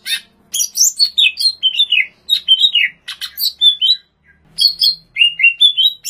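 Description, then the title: Greater green leafbird singing a fast, varied run of sweet whistled slurs and sharp chips in several quick phrases with brief gaps. Recorded in Banyuwangi. "cucak_ijo_banyuwangi"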